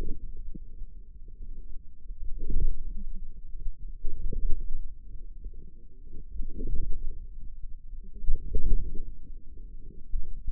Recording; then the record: forearm muscle sounds (acoustic myography)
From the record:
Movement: inward rotation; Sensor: system 2, bracelet of six BSWA MPA416 microphones around the upper forearm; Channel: 6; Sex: female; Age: 21 years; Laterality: right